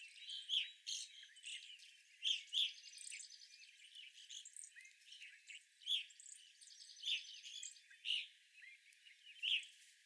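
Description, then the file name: Evening grosbeak chirps ring out at irregular intervals above a softer chorus of twitters and two buzzy pulsed trills. Several evening grosbeaks recorded on 25 April 2021. "2021-04-25 Evening Grosbeaks"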